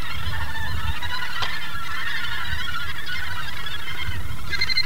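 Gannets giving rough, grating calls in a crowded chorus, one clearer, steady call at the close, over constant low-pitched rumbling.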